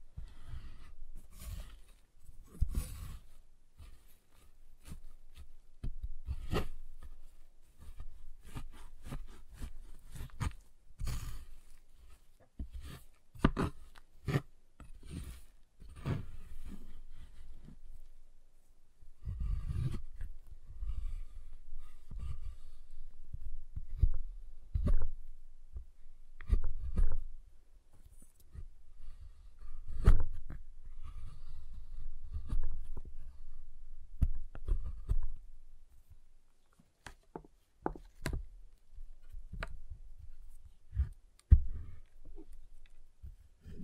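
Irregular tapping and sharp snapping sounds on a giant chocolate bar, with bright clicks scattered throughout and a heavier crack near twenty seconds.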